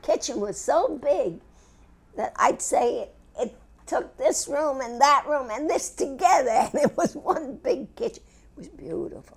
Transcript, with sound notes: The kitchen was so big that I'd say it took this room and that room and this together. (She laughs.) It was one big kitchen. It was beautiful.